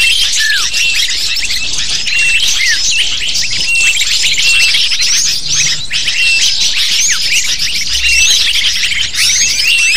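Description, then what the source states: Lovebirds chattering in a dense flock, a continuous mass of sharp high chirps and squeaks with occasional downslurred notes throughout. Calls used to lure lovebirds.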